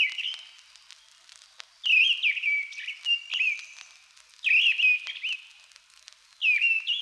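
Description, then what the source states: Mistle thrush song: several short, rich whistled phrases separated by brief pauses. Heard occasionally in old pine forest; a beautiful song.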